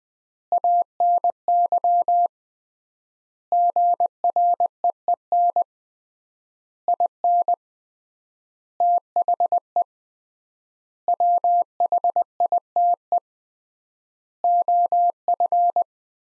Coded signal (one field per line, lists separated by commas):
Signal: Morse code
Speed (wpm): 20 wpm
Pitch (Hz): 700 Hz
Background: none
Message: ANY GREEN IN THE WHITE OF